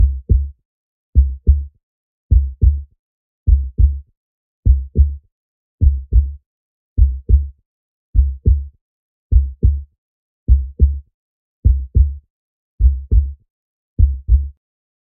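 Steady paired low thumps, a clear lub-dub, repeat about 52 times a minute in an even rhythm with silence between beats. A heartbeat at a normal resting rate.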